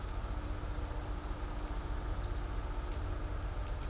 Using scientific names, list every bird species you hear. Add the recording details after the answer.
Nemosia pileata, Tolmomyias flaviventris. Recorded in shrubland near Pivijay, Magdalena, Colombia, on 1 June 2023 at 10:00. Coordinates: 10.453, -74.365. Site P5-G022